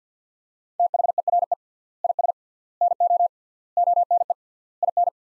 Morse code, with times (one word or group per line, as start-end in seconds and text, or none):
0.8-1.5 THERE
2.0-2.3 IS
2.8-3.3 NO
3.8-4.3 ONE
4.8-5.1 IN